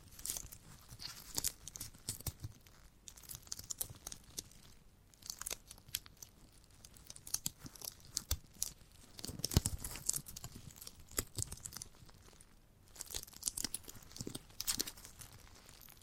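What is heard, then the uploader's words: Sticky chewing of a giant gummy bear, with irregular squelching bites, brief crunchy crackles, soft pauses, and a louder burst near ten seconds. ASMR of a Giant Gummy Bear (No Talking).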